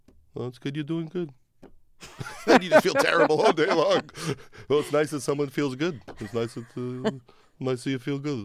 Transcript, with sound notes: Well, it's good you're doing good. And you feel terrible all day long.
(LAUGHTER)
Well, it's nice that someone feels good. It's nice that you feel good,